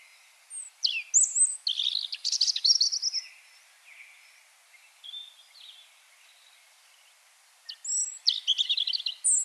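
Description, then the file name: European robin song: two separate phrases of high thin whistles, sliding notes and scratchy trills, with a few faint softer notes between them. "Erithacus rubecula"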